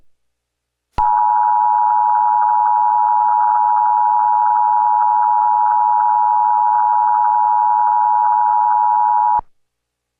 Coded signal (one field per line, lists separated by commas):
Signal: Emergency Alert System (SAME) tones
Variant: 853 and 960 Hz attention tone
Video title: EAS Recreation 1: 1st Nationwide EAS Test